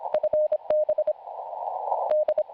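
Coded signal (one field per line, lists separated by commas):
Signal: Morse code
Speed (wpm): 25 wpm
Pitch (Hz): 610 Hz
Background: none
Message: FB D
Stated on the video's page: CW QSO at a calm speed with carefully formed words, received on an SDR.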